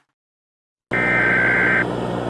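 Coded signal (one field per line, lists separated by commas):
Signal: Emergency Alert System (SAME) tones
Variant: header bursts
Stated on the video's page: Fictional EAS scenario, not a real alert.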